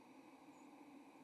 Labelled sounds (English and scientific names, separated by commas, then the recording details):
White-throated Sparrow (Zonotrichia albicollis) flight call
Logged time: 08:05 on 30 October 2014